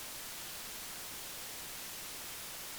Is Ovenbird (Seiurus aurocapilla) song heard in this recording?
no